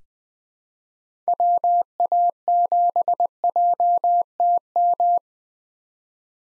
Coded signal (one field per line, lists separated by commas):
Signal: Morse code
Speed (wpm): 20 wpm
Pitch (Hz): 700 Hz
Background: none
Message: WA7JTM